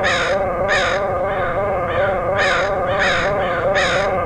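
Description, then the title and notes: Crow caws, harsh and nasal, repeated about every half second with a few softer ones between, over a steady low drone. Several crows recorded in Portland, Oregon, in August 2003. "Crows of Portland. Crows recorded in Portland, OR, August 2003"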